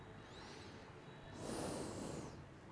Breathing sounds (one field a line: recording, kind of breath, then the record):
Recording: one breath in and out by a microphone near the nose and mouth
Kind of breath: normal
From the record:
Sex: male